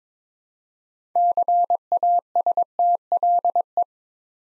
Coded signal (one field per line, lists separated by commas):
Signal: Morse code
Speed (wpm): 23 wpm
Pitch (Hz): 700 Hz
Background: none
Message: CASTLE